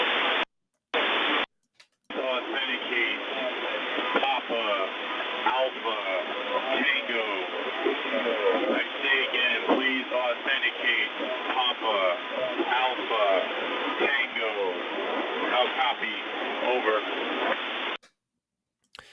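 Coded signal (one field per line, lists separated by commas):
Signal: coded military voice message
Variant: HFGCS voice traffic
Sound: a man's voice speaking over a narrow, hissy radio channel for about 16 seconds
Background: radio static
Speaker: let me just play this for you while we wait another minute or so for everybody to tune in authenticate Papa Alpha Tango I say again please authenticate Papa Alpha Tango Al copy over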